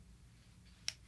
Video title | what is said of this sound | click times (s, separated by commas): FS Memory 3 Way | hear one click that's one millimeter activation then click two | 0.9 s